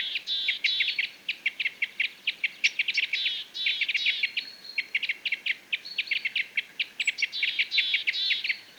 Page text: Jelmer Poelstra - Клёст-сосновик (Loxia pytyopsittacus)